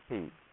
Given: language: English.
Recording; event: throat vibration sensor signal played as sound; speech